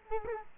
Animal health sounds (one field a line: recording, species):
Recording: mosquito wingbeat signal from an infrared sensor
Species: Culex quinquefasciatus